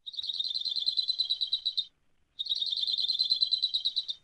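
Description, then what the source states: Hawaii creeper song: two rapid, high, even trills, each lasting almost two seconds and separated by a short pause. Played back from a bird-song book's audio player.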